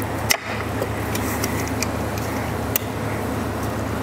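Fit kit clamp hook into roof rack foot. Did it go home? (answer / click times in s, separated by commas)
no / none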